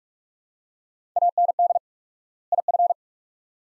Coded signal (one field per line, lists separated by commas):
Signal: Morse code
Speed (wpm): 47 wpm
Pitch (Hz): 700 Hz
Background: none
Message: AND IF